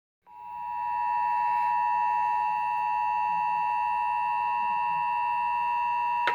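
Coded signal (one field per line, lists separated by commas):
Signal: Emergency Alert System (SAME) tones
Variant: 853 and 960 Hz attention tone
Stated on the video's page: Real tornado warning recorded off an FM broadcast station.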